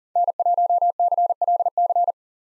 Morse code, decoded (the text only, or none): N1CLC